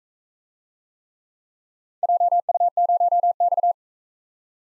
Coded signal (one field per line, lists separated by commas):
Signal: Morse code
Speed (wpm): 44 wpm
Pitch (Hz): 700 Hz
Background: none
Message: JU0X